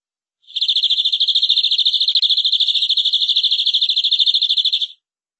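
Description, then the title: Canary singing an extended high rolling trill, rapid repeated notes held steadily for over four seconds. "BM Suara Kenari"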